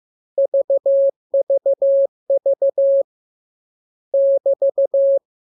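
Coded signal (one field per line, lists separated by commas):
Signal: Morse code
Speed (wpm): 15 wpm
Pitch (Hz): 550 Hz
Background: none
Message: VVV <BT>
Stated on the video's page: Morse code lesson 29 of a 42-lesson course, opened with VVV and a section sign and closed with AR.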